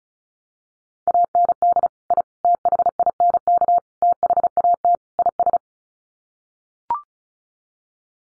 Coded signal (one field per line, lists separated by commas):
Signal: Morse code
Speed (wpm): 34 wpm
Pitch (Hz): 700 Hz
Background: none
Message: AND I THINK THAT IS